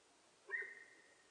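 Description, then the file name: Sika deer whistle call, one fairly faint steady whistle, fading within a second, heard over background hiss. Recorded in Japan on 4 November 2006. "061104 nihonjika"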